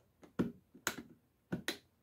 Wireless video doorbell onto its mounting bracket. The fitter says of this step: you can hear a little click make sure you hear a click you don't want it falling on the on the floor or on the pavement or anything